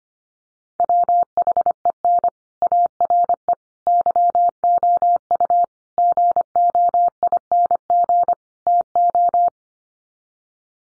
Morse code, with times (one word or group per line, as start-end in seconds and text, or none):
0.8-2.3 WHEN
2.6-3.5 ARE
3.9-5.6 YOU
6.0-8.3 GOING
8.7-9.5 TO